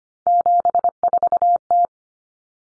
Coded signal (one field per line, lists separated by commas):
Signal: Morse code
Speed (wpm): 25 wpm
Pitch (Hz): 700 Hz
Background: none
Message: 74T